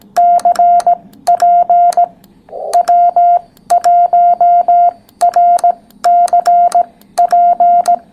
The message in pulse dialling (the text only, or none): none